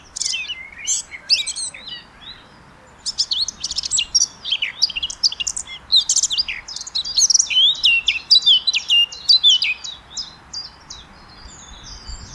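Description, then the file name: Eurasian blackcap giving a varied, rapid run of chirps and warbled phrases, high-pitched, with a brief pause early on, then continuing in bursts to the end. "Sylvia atricapilla"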